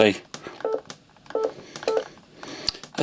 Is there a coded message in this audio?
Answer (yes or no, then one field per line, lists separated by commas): no